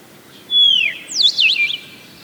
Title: Myiothlypis Nigrocristata